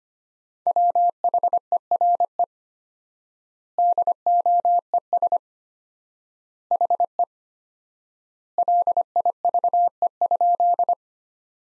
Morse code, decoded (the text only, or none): WHERE DOES HE LIVE?